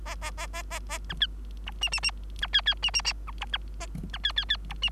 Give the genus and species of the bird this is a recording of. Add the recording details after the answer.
Lonchura striata domestica. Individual Bird3